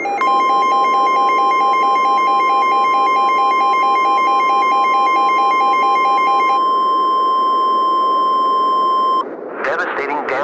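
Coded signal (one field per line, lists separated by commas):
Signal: Emergency Alert System (SAME) tones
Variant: 1050 Hz attention tone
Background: speech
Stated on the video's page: Fictional analog-horror EAS scenario about a failed weather-control experiment.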